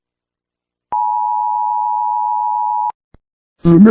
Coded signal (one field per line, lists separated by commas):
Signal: Emergency Alert System (SAME) tones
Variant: 853 and 960 Hz attention tone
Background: speech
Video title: TULSA - EAS SCENARIO MOCK